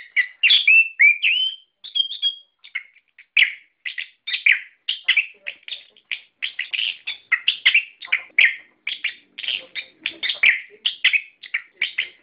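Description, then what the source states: Songbird song: it opens with a few whistled slurs, then moves into a steady stream of quick, scratchy chirps and chattering phrases. Song-training sound for caged songbirds.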